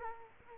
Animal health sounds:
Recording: mosquito wingbeat signal from an infrared sensor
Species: Culex quinquefasciatus

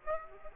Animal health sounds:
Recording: mosquito wingbeat signal from an infrared sensor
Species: Aedes aegypti

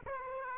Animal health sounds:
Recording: mosquito wingbeat signal from an infrared sensor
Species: Aedes aegypti

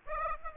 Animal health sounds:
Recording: mosquito wingbeat signal from an infrared sensor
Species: Aedes aegypti

